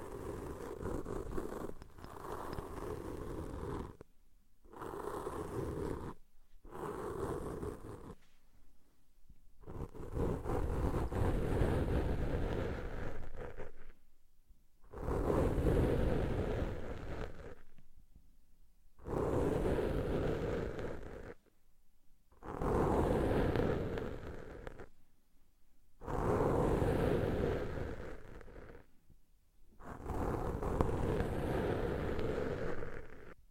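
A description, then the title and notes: Muffled rubbing and scraping inside an ear comes in bursts of a few seconds, each separated by brief total silences. The sound is thick and low, a dense rustling roar with occasional crackly clicks, rising and falling in strength across each pass. ASMR Deep Ear Cleaning - Intense Ear Relaxation (No Talking).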